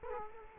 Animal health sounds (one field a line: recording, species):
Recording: mosquito wingbeat signal from an infrared sensor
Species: Culex quinquefasciatus